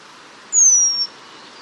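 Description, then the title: Eurasian penduline tit giving one sharp, high, gently falling whistle of about half a second against quiet background noise. "La Mésange rémiz (Remiz pendulinus)"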